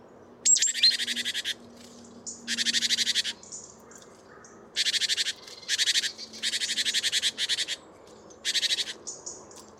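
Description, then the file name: Great tit churring: a sharp high note opens, then repeated harsh buzzy rattling bursts with short gaps between. "Parus major"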